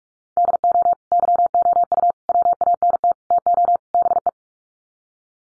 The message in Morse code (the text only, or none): DO YOU WANT TO BE